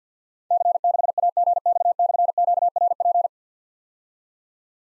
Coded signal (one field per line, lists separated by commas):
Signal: Morse code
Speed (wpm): 47 wpm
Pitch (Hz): 700 Hz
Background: none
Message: C6AGX/QRP